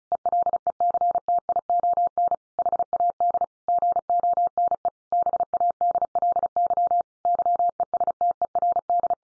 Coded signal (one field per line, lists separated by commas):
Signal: Morse code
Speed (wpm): 34 wpm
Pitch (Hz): 700 Hz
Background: none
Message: ELECTION HAD GONE BADLY YESTERD